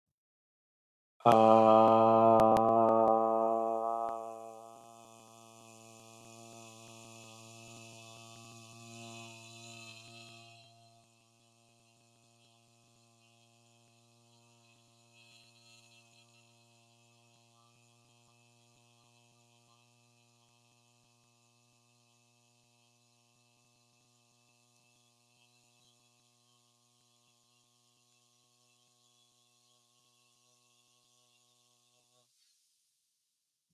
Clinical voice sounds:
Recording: vowel held as long as possible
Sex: male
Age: 30 to 39 years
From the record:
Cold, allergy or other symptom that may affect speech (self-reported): no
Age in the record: 31 years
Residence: Minnesota, United States

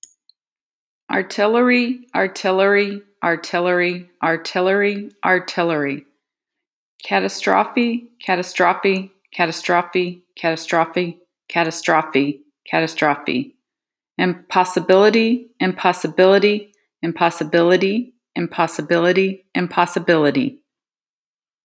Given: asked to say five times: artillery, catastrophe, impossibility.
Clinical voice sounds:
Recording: three words, each repeated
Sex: female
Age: 50 to 59 years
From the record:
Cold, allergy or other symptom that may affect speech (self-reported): no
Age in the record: 52 years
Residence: Florida, United States

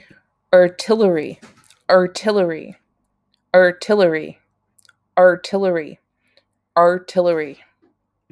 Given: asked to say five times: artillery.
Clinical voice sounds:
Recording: repeated word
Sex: female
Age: 40 to 49 years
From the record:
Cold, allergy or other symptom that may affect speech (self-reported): no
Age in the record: 46 years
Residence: California, United States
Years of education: 18

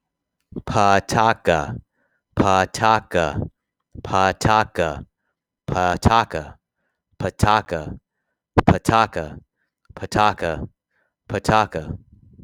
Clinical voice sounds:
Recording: repeated syllables /pa ta ka/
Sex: male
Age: 30 to 39 years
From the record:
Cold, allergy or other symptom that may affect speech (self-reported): no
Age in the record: 31 years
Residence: Texas, United States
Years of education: 16

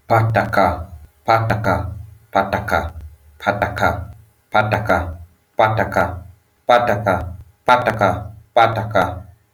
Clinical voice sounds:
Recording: repeated syllables /pa ta ka/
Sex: male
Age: 30 to 39 years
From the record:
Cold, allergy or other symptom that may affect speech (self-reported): no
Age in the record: 30 years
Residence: United States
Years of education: 16

